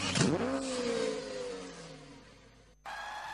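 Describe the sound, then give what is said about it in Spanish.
A car engine catches and revs up in a quick rising whine in a radio advertisement for the Firauto Expocar car fair, then settles into a steady hum that slowly fades before an abrupt cut to a different, brighter sound. “Arranca y hazte con el tuyo.”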